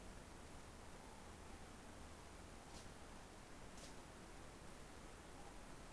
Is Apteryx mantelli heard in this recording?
no